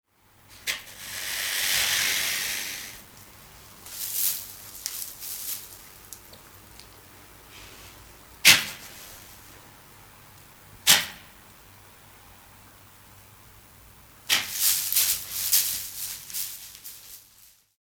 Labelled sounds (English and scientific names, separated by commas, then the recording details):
Roan Antelope (Hippotragus equinus)
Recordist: Tembrock, Günter
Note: Stoßlaute und Schnaufen